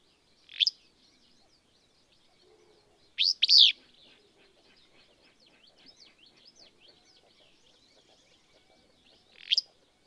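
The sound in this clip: Willow Flycatcher with an upslurred whit-like note, a buzzy two-part song phrase, then another sharp upslur near the end, with faint twittering in the background.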